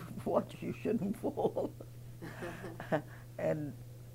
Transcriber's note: chuckles